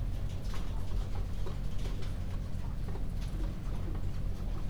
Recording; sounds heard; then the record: poultry house recording; healthy chickens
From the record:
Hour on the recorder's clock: 21